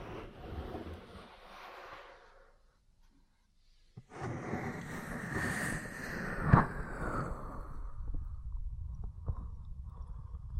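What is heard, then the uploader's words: Muffled rubbing and squishing sounds of ear cleaning and massage, with soft low rumbles. After a near-silent pause around four seconds, a denser, brighter scraping begins, with a sharp tap or pop near six and a half seconds, then steady fainter rubbing continues. ASMR 3Dio Mic Test Ear Cleaning, Massage, Cupping, Tapping (No Talking).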